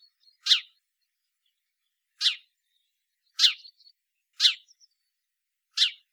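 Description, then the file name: House sparrow chirps, single harsh notes repeated at uneven intervals of one to two seconds, five in all, with almost nothing else audible between them. "Passer domesticus"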